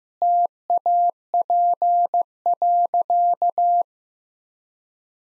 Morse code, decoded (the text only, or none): TAP.